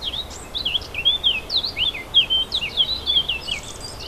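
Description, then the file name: Warbler giving a hurried, scratchy warble of looping notes that tumble up and down, continuous throughout, with light background noise. Warblers recorded 4 May 2011 on an MZ-N710 recorder. "fauvettes 4 05 11"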